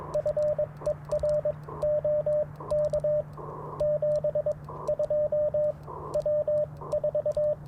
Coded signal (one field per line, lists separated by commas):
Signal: Morse code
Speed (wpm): 18 wpm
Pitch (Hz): 580 Hz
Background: radio noise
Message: FER OK 72 W4